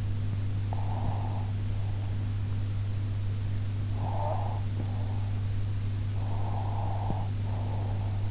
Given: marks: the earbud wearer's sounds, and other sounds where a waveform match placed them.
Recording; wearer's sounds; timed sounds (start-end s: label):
sounds in sleep by an in-ear microphone; breath
0.63-2.32 s: breath
3.90-5.50 s: breath
6.13-8.24 s: breath